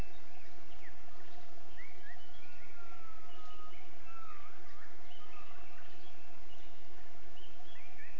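Gibbon calls: rising and falling whistled notes, some long and sliding, over steady background noise.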